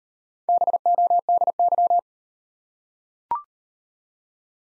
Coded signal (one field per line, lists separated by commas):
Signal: Morse code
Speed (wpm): 37 wpm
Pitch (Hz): 700 Hz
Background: none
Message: BODY